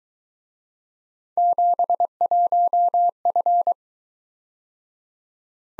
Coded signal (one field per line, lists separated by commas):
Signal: Morse code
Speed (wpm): 22 wpm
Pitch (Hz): 700 Hz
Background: none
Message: 71F